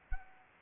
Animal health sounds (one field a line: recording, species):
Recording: mosquito wingbeat signal from an infrared sensor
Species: Anopheles arabiensis